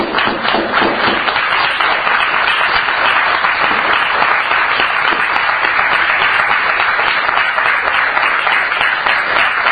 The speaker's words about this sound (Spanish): darle un aplauso grande.